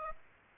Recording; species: mosquito wingbeat signal from an infrared sensor; Aedes aegypti